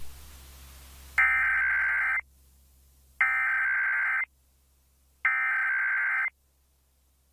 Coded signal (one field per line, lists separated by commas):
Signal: Emergency Alert System (SAME) tones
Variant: header bursts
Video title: National Periodic EAS Test (2021; WNEO/WEAO)